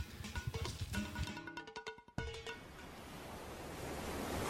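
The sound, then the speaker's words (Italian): A brief tonal, ticking musical passage cuts off abruptly into a steady, hissing roar of ocean surf breaking on shore, swelling slightly louder toward the end. “Ma guarda quelle onde, Johnny, guardale, è un'occasione che non posso perdere”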